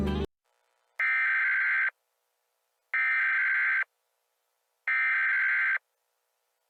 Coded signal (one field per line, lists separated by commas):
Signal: Emergency Alert System (SAME) tones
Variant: header bursts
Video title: EAS Comedy: The Great EAS Creator Strike